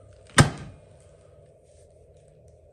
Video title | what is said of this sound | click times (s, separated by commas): Установка фаркопа Mazda 5 CW + блок согласования c830-v8-921a [ENG sub] | Everybody! he snapped into place. | 0.4 s